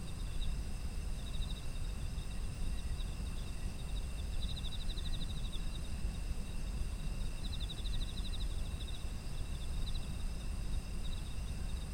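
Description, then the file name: Insects trilling: several short pulsed bursts, two of them longer and rattling, against steady high-pitched insect drones and low rumbling noise. Autumn insects as an environmental ambience. "秋の虫の環境音"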